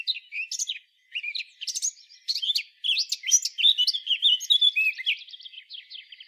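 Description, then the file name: Eurasian blackcap singing a continuous, hurried warble of chirps, trills and scratchy notes, with only a brief pause near the start. "Sylvia atricapilla"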